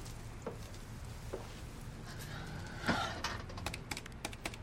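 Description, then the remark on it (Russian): Someone dials a phone number on a keypad: a series of short, sharp button clicks in an uneven rhythm, faint at first and growing quicker and denser toward the end, with one duller thump midway. “Набирает номер.”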